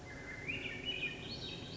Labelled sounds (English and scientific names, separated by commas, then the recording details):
Swainson's Thrush (Catharus ustulatus)
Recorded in Sonoma County, California